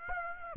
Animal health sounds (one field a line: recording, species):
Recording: mosquito wingbeat signal from an infrared sensor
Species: Aedes aegypti